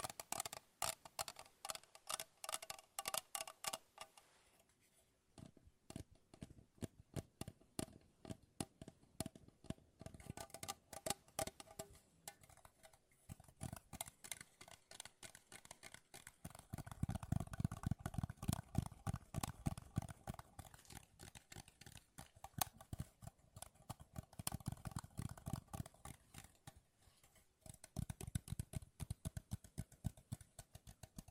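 Fast tapping continues throughout, a dense run of quick, crisp taps with short pauses near five and thirteen seconds. Some stretches sound brighter and clickier, while others, around seventeen and twenty-five seconds, take on a fuller, lower, drummier tone.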